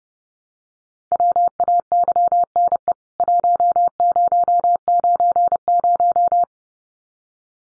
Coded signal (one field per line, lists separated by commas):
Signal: Morse code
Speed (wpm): 30 wpm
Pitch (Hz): 700 Hz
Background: none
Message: WAYNE 1090